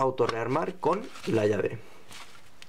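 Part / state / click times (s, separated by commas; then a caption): dual panic button latching in its wall housing / seated / 2.6 s. Someone talks while both buttons of a dual hold-up (panic) button in its wall housing are pressed together; the button resets with a key. One short click is heard at 2.6 s as the button latches down and locks.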